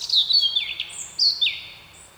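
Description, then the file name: Eurasian blackcap delivering clear, fluty whistled notes that sweep downward, in two quick loud phrases over about two seconds. "Sylvia atricapilla"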